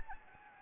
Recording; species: mosquito wingbeat signal from an infrared sensor; Anopheles arabiensis